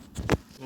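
A torque wrench set to 40 Nm tightens the crankset bolt on a mountain bike. After a brief lead-in of low rustling, a sharp, loud, short click rings out at 0.3 s as the wrench breaks at its setting, confirming the bolt has reached 40 Nm, the recommended torque.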